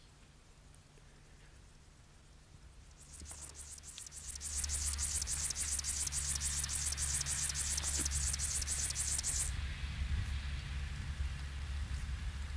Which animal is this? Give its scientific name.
Chorthippus apricarius